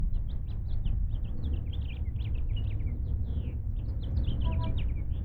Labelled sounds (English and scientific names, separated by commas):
House Finch (Haemorhous mexicanus) song